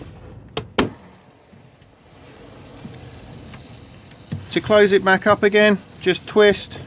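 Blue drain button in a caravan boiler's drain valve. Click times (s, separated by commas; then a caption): 0.6 s, 0.8 s. On a 2018 Caravelair Antares 496 caravan, the knob on the water heater's frost/drain valve is twisted and the blue button pops out at the base so the system drains. Two sharp clicks come at 0.6 s and 0.8 s, followed by quiet background and then someone talking.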